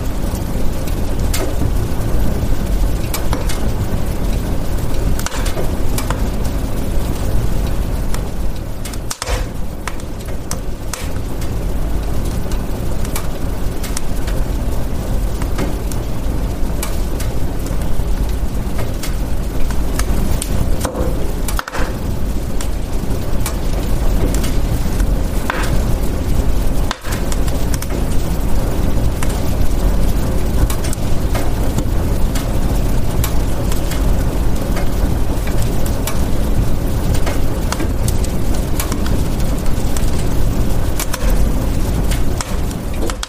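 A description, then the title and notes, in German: A fireplace fire crackles steadily, with a dense low rumble underneath and a constant hiss. Short sharp pops and snaps cut through irregularly, a few standing out more clearly around 9, 21 and 27 seconds. The overall loudness stays even throughout. Kaminfeuerknistern. Erlebe die wohlige Atmosphäre einer adventlichen Nacht mit dem beruhigenden Knistern eines Kaminfeuers.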